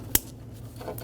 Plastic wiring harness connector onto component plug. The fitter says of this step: install the connector push until you hear a click